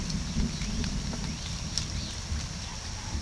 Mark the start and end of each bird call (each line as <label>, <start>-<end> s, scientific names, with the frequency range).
Cacicus cela (2.5-5.0 kHz), 0.23-2.33 s